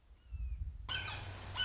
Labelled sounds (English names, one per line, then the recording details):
Red-shouldered Hawk
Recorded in Sonoma County, California